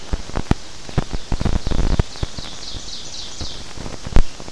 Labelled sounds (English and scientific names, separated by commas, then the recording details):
Ovenbird (Seiurus aurocapilla) song
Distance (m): 55 m
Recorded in boreal forest in Alberta, Canada, on 12 June 2016 at 05:46
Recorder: SongMeter 3, array SBT-3-18
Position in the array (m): 210 m, 85 m
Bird 31